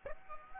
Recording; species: mosquito wingbeat signal from an infrared sensor; Aedes aegypti